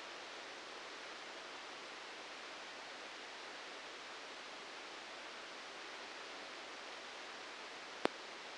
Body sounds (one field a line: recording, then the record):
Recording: brain microelectrode recording played as sound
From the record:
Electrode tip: outside the subthalamic nucleus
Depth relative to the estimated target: 1 mm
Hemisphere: left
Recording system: NeuroSet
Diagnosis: Parkinson's disease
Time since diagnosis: 19 years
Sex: female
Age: 69 years